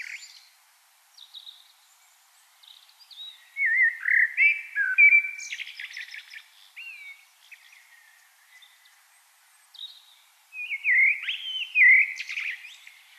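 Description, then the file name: Common blackbird singing repeated mellow, warbling phrases, each followed by thin, high twittering notes, with short pauses between phrases. "Turdus merula"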